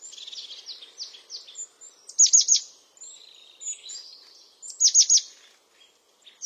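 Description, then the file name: European crested tit song of short high slurred notes, then two loud bursts of rapid falling chirps a few seconds apart, with soft buzzy trills between. "Canto do chapim de crista"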